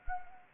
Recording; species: mosquito wingbeat signal from an infrared sensor; Anopheles gambiae